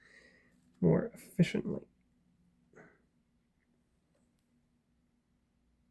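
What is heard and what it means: Someone talks briefly while holding a plastic model part, a light piece with a trimmed tab, about to be pressed into a model saucer section to check whether it snaps in. A faint short sound follows near 2.8 s, then near silence. Nothing has seated or clicked yet.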